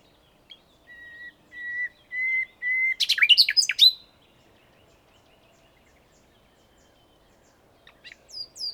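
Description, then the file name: Common nightingale song: a few slow, pure whistled notes building in loudness, then a rapid burst of harsh, sweeping chirps, a long pause, and a new phrase starting near the end. "Luscinia megarhynchos"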